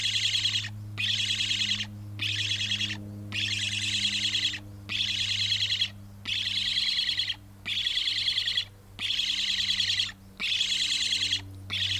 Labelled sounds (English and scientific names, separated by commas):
Black Stork (Ciconia nigra)